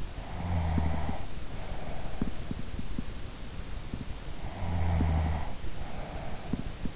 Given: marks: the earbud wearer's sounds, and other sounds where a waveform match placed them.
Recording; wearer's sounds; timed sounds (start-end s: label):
sounds in sleep by an in-ear microphone; snoring breath
0.12-2.68 s: snoring breath
4.53-6.96 s: snoring breath